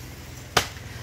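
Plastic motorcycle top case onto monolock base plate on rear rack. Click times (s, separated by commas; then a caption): 0.6 s. A plastic Kappa K400NT top case is set onto the monolock base plate on the specific rear rack of a 2017 KTM Duke 390 and pressed down to lock. One sharp snap is heard at 0.6 s over a quiet background, and the case latches and seats onto the mounting plate.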